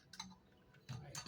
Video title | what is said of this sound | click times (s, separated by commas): Disassembling the Squirrel Buster Classic for Cleaning | clamp it down with that piece of plastic and you'll hear it click just like that | 0.1 s